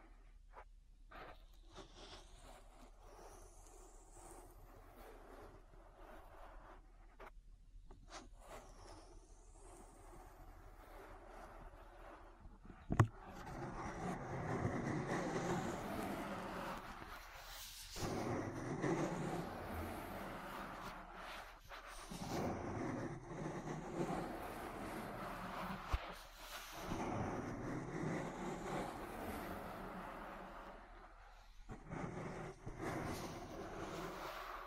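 An ear massage begins with soft sparse taps over a low hum, then after a sharp click turns into dense, rumbling rubbing with brief pauses.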